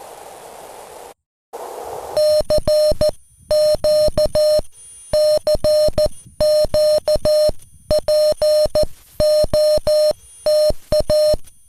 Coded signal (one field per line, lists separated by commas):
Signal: Morse code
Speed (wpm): 14 wpm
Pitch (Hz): 610 Hz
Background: none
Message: CQ CQ POTA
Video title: (tr)uSDX CW POTA in San Angelo State Park - K-3053